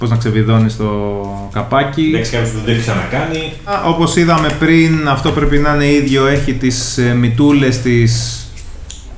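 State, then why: Seated. Someone talks while handling the plastic cap of a UGEE graphic tablet's stylus holder, the case that stores spare nibs, unscrewing it and then closing it again. A sharp click at 8.9 s marks the cap snapping closed and seating on the holder.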